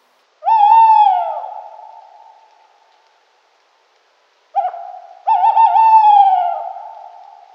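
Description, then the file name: Tawny owl hooting: a long, clear, steady hoot that slowly fades, then after a pause a short note and a wavering, quavering hoot with a lingering tail. "strix aluco"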